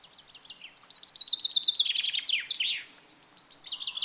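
Bird song: a fast series of high chirps speeding into a descending trill, then a short pause and a new phrase beginning.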